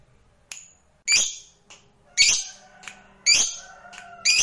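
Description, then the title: Lovebird calls: loud, raspy high squawks about once a second, separated by fainter short notes. Lovebird sound meant to stimulate a lazy, reluctant lovebird into singing spontaneously and eagerly. "LOVEBIRD Malas Bunyi JADI GREGET SPONTAN Langsung NARIK"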